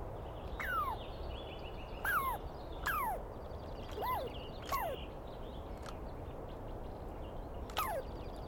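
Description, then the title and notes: Douglas squirrel giving six clear, sharp falling notes at irregular intervals, over steady background hiss and faint bird trills. Douglas pine squirrel heard at dawn, morning of 21 April 2017, in the East Cascades; screaming and calling persistently; identified by its sound, not clearly seen. "On the morning of 21 April, 2017, I set up my microphones and recorder for a nice dawn recording in the East Cascades. I was started awake by a screaming Douglas Pine Squirrel"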